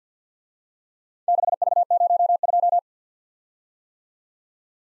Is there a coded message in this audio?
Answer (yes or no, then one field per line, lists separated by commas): yes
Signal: Morse code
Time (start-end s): 1.3-2.8 s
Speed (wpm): 54 wpm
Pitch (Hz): 700 Hz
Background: none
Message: 6V02